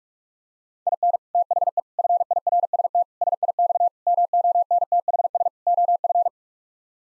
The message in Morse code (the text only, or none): IN THE FIRST SIX MONTHS OF